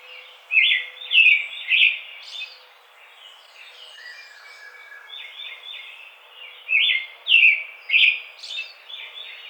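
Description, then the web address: American robin song: a burst of three loud, slurred, whistled phrases, a stretch of softer warbling, then another set of three clear caroling notes. Recorded on 4 May 2009. "American Robin 2009 05 04"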